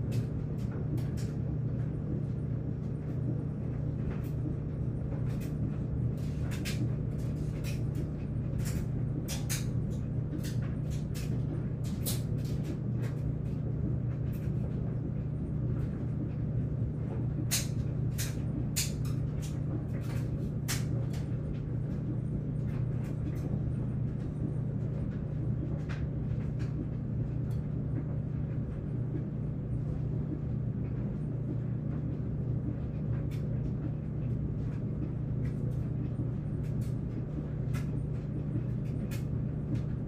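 A clothes dryer runs steadily, its low hum constant and unchanging for the whole stretch. Above the drone come frequent small clicks and ticks, bunched more thickly in the first half, like items tumbling and tapping inside the drum.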